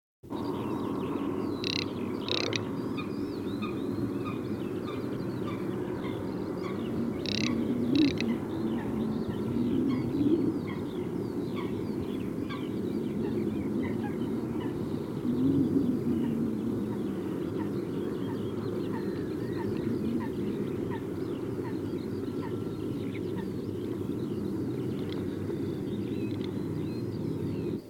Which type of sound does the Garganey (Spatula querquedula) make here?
call